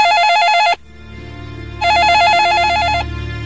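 A telephone rings in two loud bursts of rapid, trilling electronic warbling, separated by a short pause with a low hum underneath.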